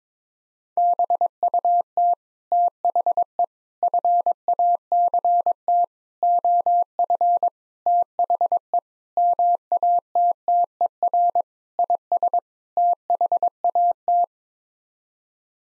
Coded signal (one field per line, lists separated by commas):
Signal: Morse code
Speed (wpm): 22 wpm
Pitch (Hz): 700 Hz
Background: none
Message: BUT THE FACT OF THE MATTER IS THAT